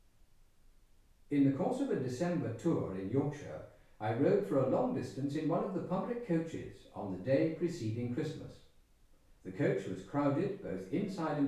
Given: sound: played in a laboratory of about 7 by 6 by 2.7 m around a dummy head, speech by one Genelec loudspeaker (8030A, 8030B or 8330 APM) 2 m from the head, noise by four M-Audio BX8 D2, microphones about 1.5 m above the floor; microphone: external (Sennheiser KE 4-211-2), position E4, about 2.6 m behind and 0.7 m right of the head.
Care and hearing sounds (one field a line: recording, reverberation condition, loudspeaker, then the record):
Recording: male speech in English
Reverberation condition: medium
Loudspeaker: 120 degrees to the left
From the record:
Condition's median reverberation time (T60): about 510 ms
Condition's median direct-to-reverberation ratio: about -0.5 dB